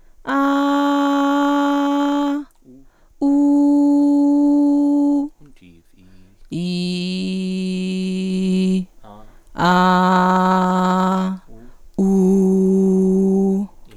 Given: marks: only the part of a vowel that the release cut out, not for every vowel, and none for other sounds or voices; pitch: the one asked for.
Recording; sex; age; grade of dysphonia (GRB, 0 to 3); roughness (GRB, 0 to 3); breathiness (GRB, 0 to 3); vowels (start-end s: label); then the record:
sustained vowels; female; 20 to 29 years; 0; 0; 0
0.38-2.29 s: vowel /a/, high pitch
3.27-5.15 s: vowel /u/, high pitch
6.71-8.71 s: vowel /i/, low pitch
9.72-11.23 s: vowel /a/, low pitch
12.07-13.53 s: vowel /u/, low pitch
From the record:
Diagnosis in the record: healthy voice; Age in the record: 26 years